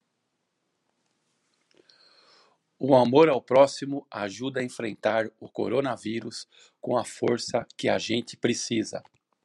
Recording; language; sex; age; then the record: spoken sentence; Brazilian Portuguese; male; 50 to 59 years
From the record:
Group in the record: control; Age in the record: 59 years